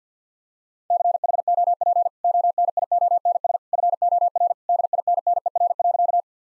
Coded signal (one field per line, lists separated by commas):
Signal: Morse code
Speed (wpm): 50 wpm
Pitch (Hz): 700 Hz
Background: none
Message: CHOP ONIONS FOR DINNER.